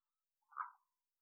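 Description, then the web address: Morelet's leaf frog call: a single short, hoarse cluck lasting about a third of a second, mid-pitched and rounded, with silence before and after. "Agalychnis moreletii"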